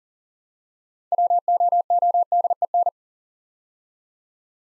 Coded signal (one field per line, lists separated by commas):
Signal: Morse code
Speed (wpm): 42 wpm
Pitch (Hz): 700 Hz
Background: none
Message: WOODEN